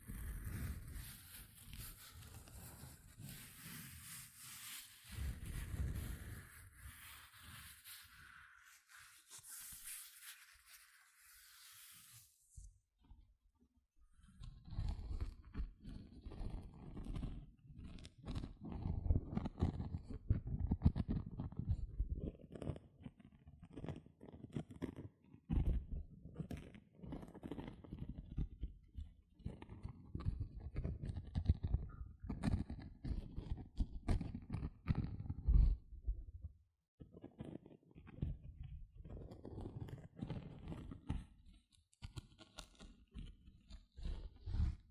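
Gentle scratching plays under a bright steady hiss, pauses near twelve seconds, then returns as dense, irregular low scratches and crackles to the end.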